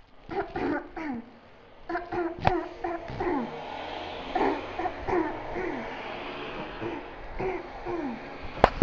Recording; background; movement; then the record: throat clearing; traffic; sitting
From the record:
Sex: female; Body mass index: 18.8 kg/m2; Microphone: on the chest, facing outward